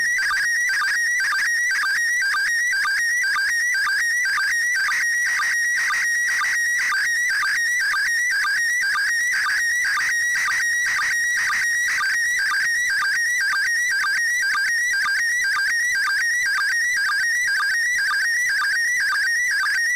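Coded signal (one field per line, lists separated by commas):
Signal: SSTV (slow-scan television)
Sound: steady warbling, chirping tone with a rhythmic tick about twice per second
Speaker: this is a recording of an entire image download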